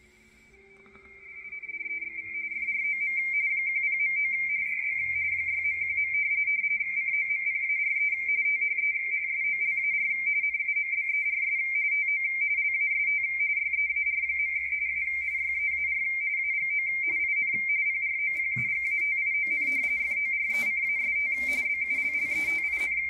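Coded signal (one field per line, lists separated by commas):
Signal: RTTY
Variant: Baudot, 170 Hz shift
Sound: continuous warbling two-tone chatter, rapidly alternating between two close pitches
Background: radio static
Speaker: depending on the day of the week the digital broadcast is in different modes tonight it's in Baldo rtty 170 Hertz shift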